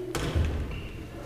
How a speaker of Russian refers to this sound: Дверь закрывай, пожалуйста.